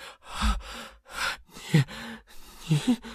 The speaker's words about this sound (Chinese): 吴小芳快速穿梭芭蕉林，与英敏穿插迂回追逐了一里路。英敏大口喘气倒在芭蕉林。